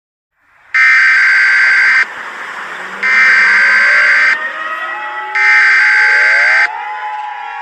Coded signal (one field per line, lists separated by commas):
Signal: Emergency Alert System (SAME) tones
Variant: header bursts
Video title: EAS SCENARIO 10: Dolly E.X.E Rampage